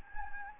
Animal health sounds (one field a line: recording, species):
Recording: mosquito wingbeat signal from an infrared sensor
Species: Anopheles gambiae